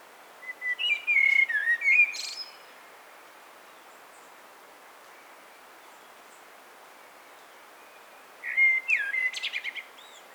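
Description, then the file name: Common blackbird: two warbled whistle phrases about six seconds apart, each ending in a rapid, buzzy high twitter, with quiet hiss between them. "Turdus merula"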